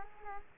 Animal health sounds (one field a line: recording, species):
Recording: mosquito wingbeat signal from an infrared sensor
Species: Culex quinquefasciatus